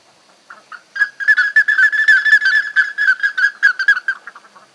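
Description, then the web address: Plumbeous ibis calling in a fast, uneven run of loud whistled notes on one pitch, many rapid notes packed together over about four seconds. "Plumbeous-ibis صدای-پرنده-اکراس-سربی"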